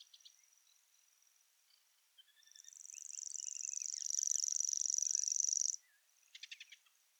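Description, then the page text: Common grasshopper warbler reel starting softly and swelling into a loud, steady, high buzzy trill that stops abruptly; short chirps come before it and a quick ticking burst follows. "Голос птицы - Обыкновенный сверчок"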